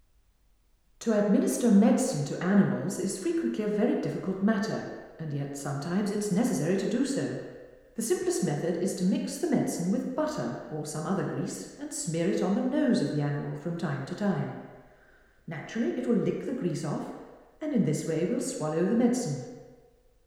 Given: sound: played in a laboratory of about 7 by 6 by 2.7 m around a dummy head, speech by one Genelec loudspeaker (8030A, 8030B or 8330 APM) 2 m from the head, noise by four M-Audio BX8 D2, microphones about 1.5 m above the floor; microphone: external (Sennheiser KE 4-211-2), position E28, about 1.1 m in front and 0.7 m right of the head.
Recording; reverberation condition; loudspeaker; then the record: female speech in English; high; in front (0 degrees)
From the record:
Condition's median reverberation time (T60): about 1300 ms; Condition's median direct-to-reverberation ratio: about -4.0 dB